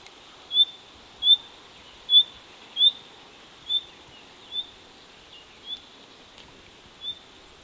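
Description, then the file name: Common nightingale giving brief high whistled calls, regular at first and then softer and more spaced out, with a constant shrill background hiss. "Luscinia megarhynchos"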